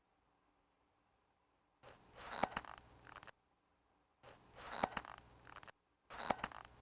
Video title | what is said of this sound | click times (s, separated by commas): SamPelvicSling2 proof | you pull the Black Strap you will go until you hear the click | 2.4 s, 4.8 s, 6.3 s